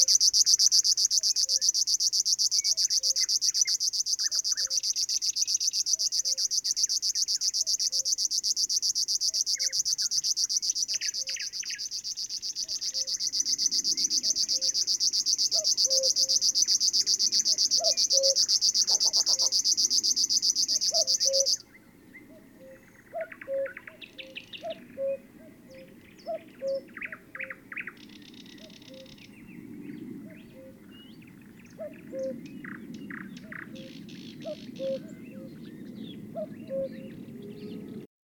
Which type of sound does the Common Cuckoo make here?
song